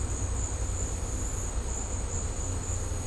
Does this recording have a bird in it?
no